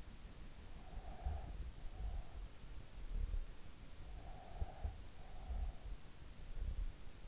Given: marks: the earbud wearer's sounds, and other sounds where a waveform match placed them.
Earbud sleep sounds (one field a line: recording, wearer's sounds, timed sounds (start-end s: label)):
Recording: sounds in sleep by an in-ear microphone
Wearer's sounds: breath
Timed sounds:
0.66-2.67 s: breath
4.11-6.04 s: breath